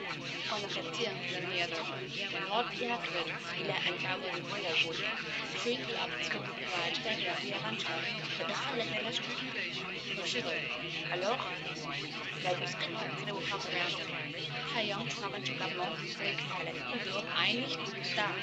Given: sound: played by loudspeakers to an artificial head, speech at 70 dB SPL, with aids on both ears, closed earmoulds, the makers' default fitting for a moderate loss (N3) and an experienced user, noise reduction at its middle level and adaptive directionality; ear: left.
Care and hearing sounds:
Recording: speech test signal (ISTS) in cocktail-party noise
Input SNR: -6 dB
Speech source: in front (0 degrees)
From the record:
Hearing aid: class 1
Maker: F

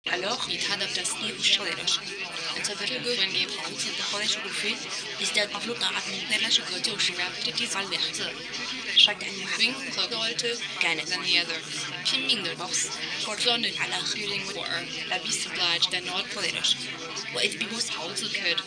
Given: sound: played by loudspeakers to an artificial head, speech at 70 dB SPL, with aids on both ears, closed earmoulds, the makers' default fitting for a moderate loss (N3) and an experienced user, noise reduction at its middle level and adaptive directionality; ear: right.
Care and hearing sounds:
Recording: speech test signal (ISTS) in cocktail-party noise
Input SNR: 0 dB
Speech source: in front (0 degrees)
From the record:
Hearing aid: class 2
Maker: A

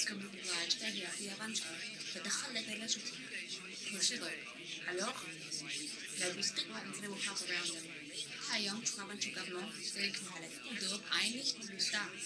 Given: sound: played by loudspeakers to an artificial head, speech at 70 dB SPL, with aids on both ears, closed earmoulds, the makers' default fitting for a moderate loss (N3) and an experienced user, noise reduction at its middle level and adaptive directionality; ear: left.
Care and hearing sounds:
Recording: speech test signal (ISTS) in cocktail-party noise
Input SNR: +3 dB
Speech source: on the right (90 degrees)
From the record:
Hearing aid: class 1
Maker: H

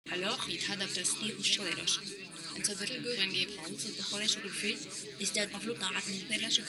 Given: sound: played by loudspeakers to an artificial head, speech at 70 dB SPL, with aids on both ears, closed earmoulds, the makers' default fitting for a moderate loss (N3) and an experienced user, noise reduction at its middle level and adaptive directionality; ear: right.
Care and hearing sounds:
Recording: speech test signal (ISTS) in cocktail-party noise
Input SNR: 0 dB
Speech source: on the right (90 degrees)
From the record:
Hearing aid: class 2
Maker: J

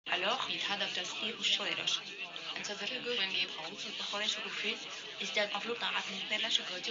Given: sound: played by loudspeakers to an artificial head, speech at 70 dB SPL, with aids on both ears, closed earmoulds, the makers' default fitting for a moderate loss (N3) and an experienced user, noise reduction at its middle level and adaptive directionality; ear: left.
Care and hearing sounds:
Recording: speech test signal (ISTS) in cocktail-party noise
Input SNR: +6 dB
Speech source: in front (0 degrees)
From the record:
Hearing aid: class 1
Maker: G

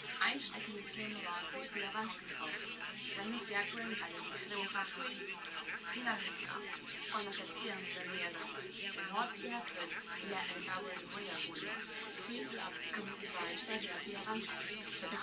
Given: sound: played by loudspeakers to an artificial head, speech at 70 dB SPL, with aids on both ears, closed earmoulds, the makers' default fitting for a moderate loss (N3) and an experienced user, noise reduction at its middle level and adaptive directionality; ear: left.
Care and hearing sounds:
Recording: speech test signal (ISTS) in cocktail-party noise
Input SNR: 0 dB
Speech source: on the right (90 degrees)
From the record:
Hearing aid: class 1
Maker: E

